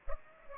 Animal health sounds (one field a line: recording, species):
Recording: mosquito wingbeat signal from an infrared sensor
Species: Aedes aegypti